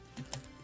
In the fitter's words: Pop that out.